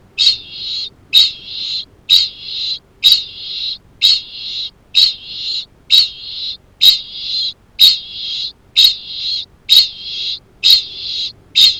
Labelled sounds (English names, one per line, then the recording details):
Kākāpō ching call
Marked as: faintness 2/5
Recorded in New Zealand
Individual Arab